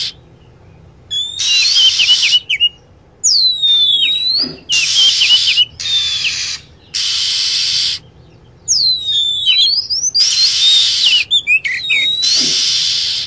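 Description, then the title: Lovebird calls: rapid, shrill, forked chirps repeated in busy bursts, interleaved with blocks of loud static-like hissing. Lure sound for attracting birds. "PIKAT BURUNG LOVEBIRD"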